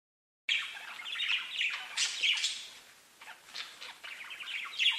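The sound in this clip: Budgerigar chattering: busy scratchy warbles and chirps begin after a brief silence, with louder squawky bursts and a short quieter dip midway.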